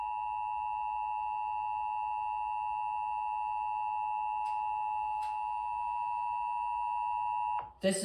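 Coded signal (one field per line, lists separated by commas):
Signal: Emergency Alert System (SAME) tones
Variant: 853 and 960 Hz attention tone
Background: speech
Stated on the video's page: Fictional EAS scenario, not a real alert.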